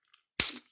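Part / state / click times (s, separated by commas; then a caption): plastic clip onto toy foam blaster body / seated / 0.4 s. A plastic belt/pocket clip from the back of a foam dart blaster is snapped around the toy blaster body and locks into place. A faint tick comes first, then a loud, sharp plastic snap at 0.4 s with a brief rattling tail, and a smaller click near the end. The clip seats onto the blaster.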